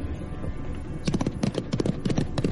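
Rapid hoofbeats of a horse galloping with its rider through a city clatter on a hard street, a quick uneven clip-clop rhythm that starts after a second of low background hum and continues steadily.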